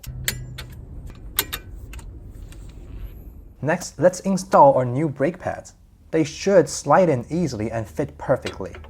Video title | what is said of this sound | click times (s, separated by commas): How to Change the Rear Brakes on Porsche 911, Cayman, and Boxster | the bolt until you hear click like this next | 0.3 s, 1.4 s